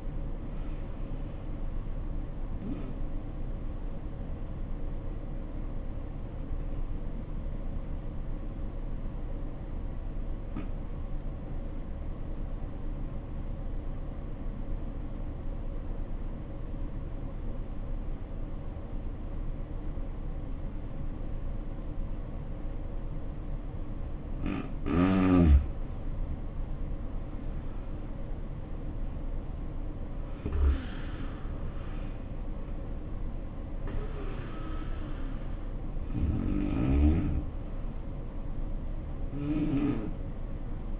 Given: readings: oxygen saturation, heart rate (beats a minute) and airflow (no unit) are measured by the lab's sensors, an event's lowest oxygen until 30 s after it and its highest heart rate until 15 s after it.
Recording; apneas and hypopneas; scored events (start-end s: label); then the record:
breathing in sleep by a smartphone at the bedside; 1
12.00-25.40 s: obstructive apnea (N1, oxygen 94% highest, then 76% lowest, heart rate 60 at the start, 77 highest)
13.00-41.00 s: new sleep stage, N2 (light sleep)
From the record:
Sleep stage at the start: N1 (lightest sleep); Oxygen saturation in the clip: 75 to 94%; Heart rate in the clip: 57 to 83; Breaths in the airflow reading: 3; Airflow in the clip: -8.7 to 8.6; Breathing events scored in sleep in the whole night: 520 in 7.2 hours asleep